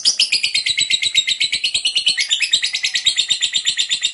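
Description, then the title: Lovebird chatter: a long unbroken series of sharp, scratchy high notes in a rapid rhythm, steady throughout. Long ngekek chatter; the bird is described as gacor, singing actively and continuously. "LOVEBIRD NGEKEK PANJANG GACOR BIKIN LATAH"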